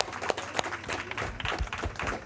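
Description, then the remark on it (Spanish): An audience applauds a group of children at the close of a radio panel session, a dense, steady patter of many hands clapping at a moderate level for a couple of seconds, with no voices standing out. “Un aplauso fuerte, por favor, para estos niños y niñas.”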